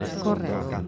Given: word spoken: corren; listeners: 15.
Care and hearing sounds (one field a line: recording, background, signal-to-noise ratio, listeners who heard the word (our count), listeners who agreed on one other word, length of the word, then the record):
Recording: one Spanish word in noise, from a listening test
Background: eight-talker babble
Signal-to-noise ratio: 0.9 dB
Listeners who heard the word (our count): 0 of 15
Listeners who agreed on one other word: 14 of 15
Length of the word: 0.48 s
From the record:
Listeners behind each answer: 14, 1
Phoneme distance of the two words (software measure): 7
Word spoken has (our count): 2 syllables, 5 phonemes, stress on syllable 1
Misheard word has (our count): 2 syllables, 4 phonemes, stress on syllable 1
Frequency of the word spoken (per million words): 11.60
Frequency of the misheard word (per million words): 27.79